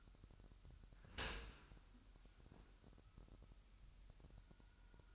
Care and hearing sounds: daily activity, microphone in the room; open dishwasher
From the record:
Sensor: 2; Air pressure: 998.1 hPa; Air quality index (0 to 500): 148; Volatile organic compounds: 4 ppm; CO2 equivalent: 1672 ppm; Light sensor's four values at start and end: 9/29/11/11 and 10/29/11/11

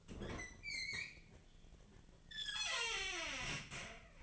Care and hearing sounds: daily activity, microphone in the room; open fridge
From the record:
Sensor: 4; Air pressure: 1010.4 hPa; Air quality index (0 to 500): 178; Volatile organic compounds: 5 ppm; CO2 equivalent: 1805 ppm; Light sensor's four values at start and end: 33/96/38/38 and 27/83/32/33

